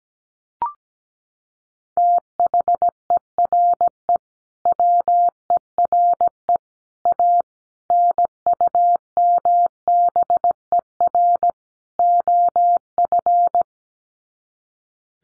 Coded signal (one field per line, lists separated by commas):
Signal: Morse code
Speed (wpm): 17 wpm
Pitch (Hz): 700 Hz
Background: none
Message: THERE WERE A NUMBER OF